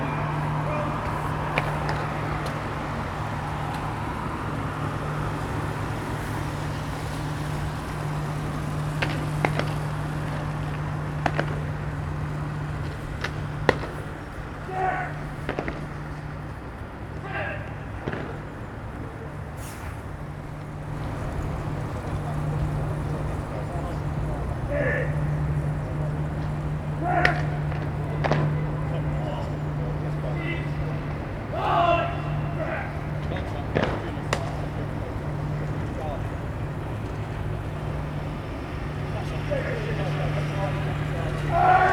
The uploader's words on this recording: Members of the military do early morning drill practice. The large parade ground at the front of the barracks is damp.